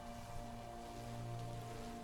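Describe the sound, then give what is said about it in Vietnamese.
Heavy rain pours down in remote mountain forest in a steady, unbroken hiss, with a low sustained hum running beneath the downpour throughout. “trả lời Thắng chỉ là tiếng vọng lại của cơn mưa tầm tã”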